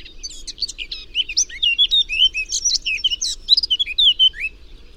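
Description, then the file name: Eurasian blackcap singing a continuous bright warble of rapid mixed chirps and sweet whistled notes, steady throughout, over a quiet low rumble. "Sylvia atricapilla"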